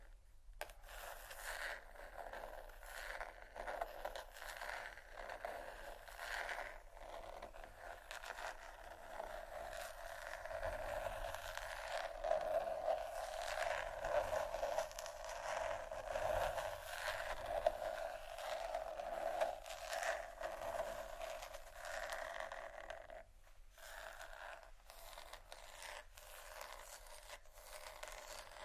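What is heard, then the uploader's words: Continuous scratching and rubbing over plastic and bristles, dense and busy for the whole half minute, with quick irregular strokes and crinkly bursts. It grows fuller and louder in the middle stretch, then thins toward the end, with a few sharper taps near 23 seconds. Vinyl,plastic,bristles,tap,crinkle,scratching,glass,etc.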